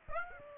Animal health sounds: mosquito wingbeat signal from an infrared sensor; Aedes aegypti

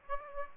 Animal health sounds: mosquito wingbeat signal from an infrared sensor; Aedes aegypti

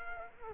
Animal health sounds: mosquito wingbeat signal from an infrared sensor; Culex quinquefasciatus

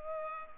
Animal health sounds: mosquito wingbeat signal from an infrared sensor; Culex pipiens

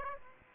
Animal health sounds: mosquito wingbeat signal from an infrared sensor; Aedes aegypti

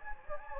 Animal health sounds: mosquito wingbeat signal from an infrared sensor; Anopheles gambiae

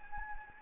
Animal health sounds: mosquito wingbeat signal from an infrared sensor; Anopheles gambiae

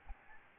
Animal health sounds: mosquito wingbeat signal from an infrared sensor; Aedes albopictus

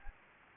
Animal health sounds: mosquito wingbeat signal from an infrared sensor; Anopheles gambiae

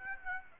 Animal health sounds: mosquito wingbeat signal from an infrared sensor; Aedes aegypti

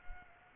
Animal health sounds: mosquito wingbeat signal from an infrared sensor; Aedes aegypti

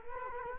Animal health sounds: mosquito wingbeat signal from an infrared sensor; Culex quinquefasciatus

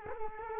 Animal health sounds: mosquito wingbeat signal from an infrared sensor; Culex quinquefasciatus

